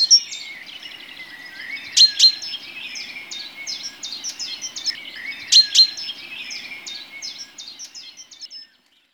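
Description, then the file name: Tit calls: rapid high, thin chirps and short trilled phrases in quick bursts, with louder clusters near two and five and a half seconds, then fading out. "Sikorka"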